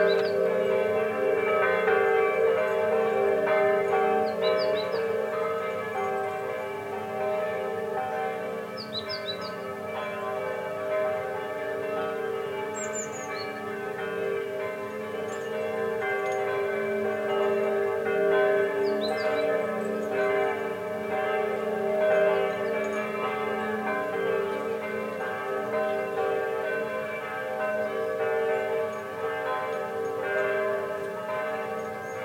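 Church bells ring without pause, their overlapping tones stacking into a dense, shimmering wash that holds steady for the whole stretch. A few short, high chirps, likely birds, break through near the start and again around the middle.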